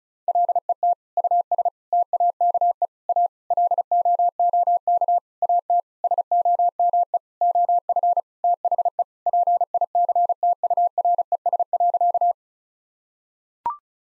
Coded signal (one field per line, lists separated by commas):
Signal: Morse code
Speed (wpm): 36 wpm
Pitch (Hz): 700 Hz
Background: none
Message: LET US TAKE A LOOK AT SOME OF THE PICTURES.